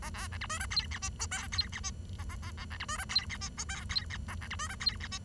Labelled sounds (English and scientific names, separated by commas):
Bengalese Finch (Lonchura striata domestica) song